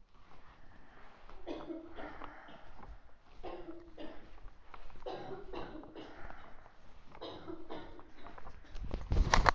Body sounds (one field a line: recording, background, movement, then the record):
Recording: deep breathing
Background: a bystander coughing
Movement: walking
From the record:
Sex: female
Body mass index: 18.8 kg/m2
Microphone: on the chest, facing outward